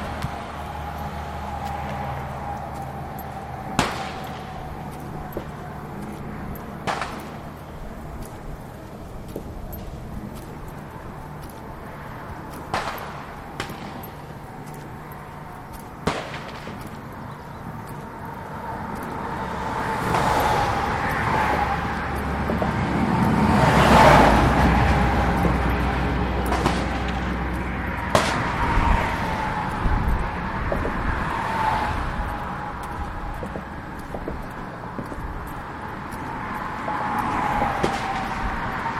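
A walk around the neighborhood, with a steady low hum underneath and a thin whine that holds throughout. Sharp clicks or snaps stand out every few seconds. Around twenty to twenty-five seconds a vehicle swells and passes, with more brief whooshes after.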